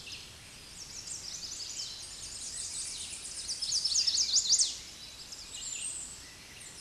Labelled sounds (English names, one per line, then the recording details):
Chestnut-sided Warbler song
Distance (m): 10 m
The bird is about 5 m above the microphone
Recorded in a Pennsylvania forest on 16 May 2024 at 09:20
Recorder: AudioMoth, point MSD-2478
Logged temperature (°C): 15.6 °C
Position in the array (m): 65 m, 193 m